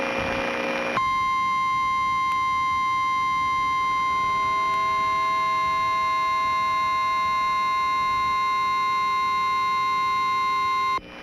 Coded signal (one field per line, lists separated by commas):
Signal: Emergency Alert System (SAME) tones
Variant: 1050 Hz attention tone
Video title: Emergency Alert System - Clinton County - Franklin County.